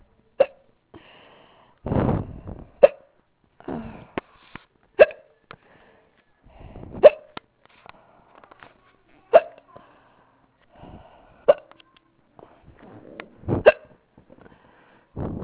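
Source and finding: Hiccups.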